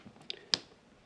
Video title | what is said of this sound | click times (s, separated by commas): How to replace a lamp switch and socket | and we're going to lock that down nice and tight and you'll hear it snap | 0.3 s, 0.5 s